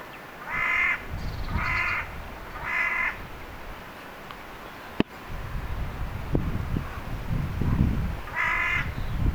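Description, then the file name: Carrion crow giving hoarse caws, three in quick series then one after a pause, with a sharp click and low rumbling background. "Corvus corone"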